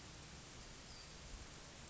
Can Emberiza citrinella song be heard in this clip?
no